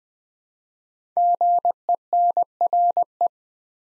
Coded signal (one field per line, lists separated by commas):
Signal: Morse code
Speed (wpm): 20 wpm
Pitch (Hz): 700 Hz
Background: none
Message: GENRE